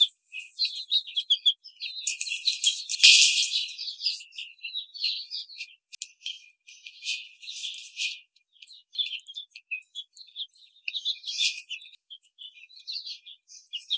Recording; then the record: young laying hens in a cage, short pieces joined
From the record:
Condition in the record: after the stressor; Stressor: simulated dog barking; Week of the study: 5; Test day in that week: 1